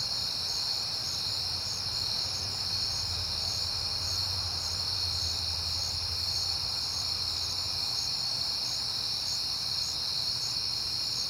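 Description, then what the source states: Crickets sing in a high chorus with rhythmic pulsed chirps, as a low rumbling sound rises and passes midway. Crickets recorded at night in September, on a peaceful night, with passing cars.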